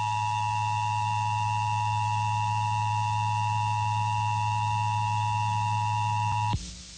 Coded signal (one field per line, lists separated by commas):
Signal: Emergency Alert System (SAME) tones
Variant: 853 and 960 Hz attention tone